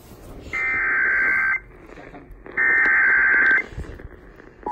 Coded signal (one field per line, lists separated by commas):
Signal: Emergency Alert System (SAME) tones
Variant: header bursts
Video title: SEVERE THUNDERSTORM WARNING ON 820 KHZ (REAL EAS#499)